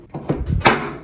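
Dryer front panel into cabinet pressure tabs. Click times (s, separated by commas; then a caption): 0.7 s. The metal front panel of a Samsung clothes dryer, reassembled after a coil replacement for a no-heat fault, is realigned at the top and pushed into the cabinet's pressure tabs. A few soft knocks and low scraping thuds lead up to a loud, sharp hit at 0.7 s that rings off briefly, marking the panel seating into the tabs.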